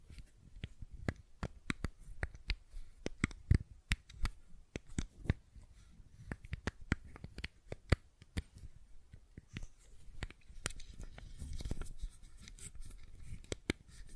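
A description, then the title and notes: Fidget cube clicks and taps sound in quick, uneven bursts, sharp dry ticks coming several times a second with brief pauses between runs. The sounds are crisp, with a soft low rumble underneath around the twelve-second mark. ASMR Fidget Cube Tapping and Clicking Sounds (No Talking).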